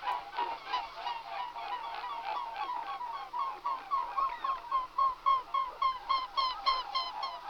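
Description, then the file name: Mute swan calls: rapid nasal honks in quick succession, growing clearer and more rhythmic toward the end. "Labut velka Cygnus olor"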